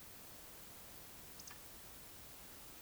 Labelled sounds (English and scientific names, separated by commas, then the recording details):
Eurasian Woodcock (Scolopax rusticola) whistle
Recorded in Baden-Württemberg, Germany, on 11 June 2021 at 20:24 UTC
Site 24606, 635 m above sea level